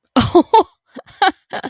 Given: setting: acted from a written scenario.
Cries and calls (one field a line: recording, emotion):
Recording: vocal sound without words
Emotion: amusement